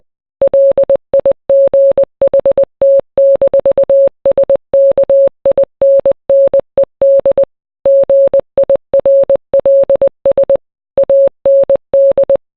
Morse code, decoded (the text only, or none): LIGHT-SKINNED GIRLS AND